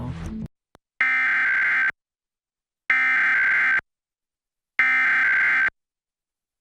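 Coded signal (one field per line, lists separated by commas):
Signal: Emergency Alert System (SAME) tones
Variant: header bursts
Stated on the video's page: Florida Required Monthly Test of the EAS interrupting a broadcast on a Fox affiliate, recorded from TiVo, without the spoken alert message.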